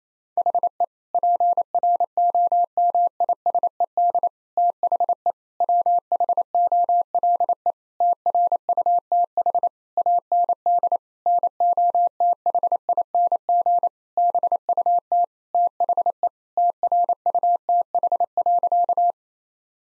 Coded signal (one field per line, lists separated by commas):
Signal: Morse code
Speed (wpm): 28 wpm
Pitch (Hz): 700 Hz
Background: none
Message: HE PROMISED THE WHOLE TRUTH AND NOTHING BUT THE TRUTH.